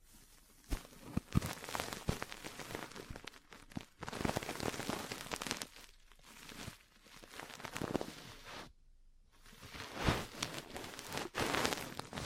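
Ear cleaning and massage sounds: dense, crackly rustling and scratching that swells and fades in bursts, with sharp taps near the start and again around ten seconds. A brief full silence falls just before nine seconds, then the scratchy rubbing resumes.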